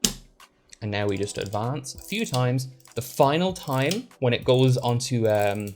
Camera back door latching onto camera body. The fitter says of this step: and wait until it clicks tightly and